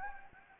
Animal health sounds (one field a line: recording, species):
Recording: mosquito wingbeat signal from an infrared sensor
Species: Anopheles gambiae